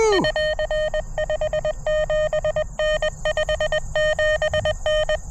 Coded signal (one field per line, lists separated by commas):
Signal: Morse code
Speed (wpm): 23 wpm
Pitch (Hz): 600 Hz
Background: none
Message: <AR> 57N 57N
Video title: K2EJT CW POTA at Mercereau Park? That's not a POTA park.....